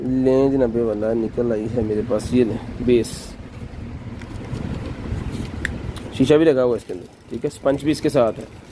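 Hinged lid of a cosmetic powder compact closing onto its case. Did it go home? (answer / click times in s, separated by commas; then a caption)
no / none. Someone talks while handling a cosmetic powder compact, a plastic case with a mirror and sponge inside, with its hinged lid meant to close and lock onto the case. Short ticks of handling are heard under the voice and background noise, but the clip ends before the lid goes home, and nothing has seated or clicked yet.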